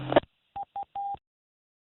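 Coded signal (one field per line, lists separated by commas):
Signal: none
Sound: repeater courtesy tone beeps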